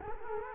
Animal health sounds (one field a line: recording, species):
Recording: mosquito wingbeat signal from an infrared sensor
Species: Culex quinquefasciatus